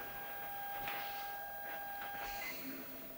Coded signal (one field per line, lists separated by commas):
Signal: ZX Spectrum tape loading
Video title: The ZX Spectrum NEXT issue 3 is finally coming!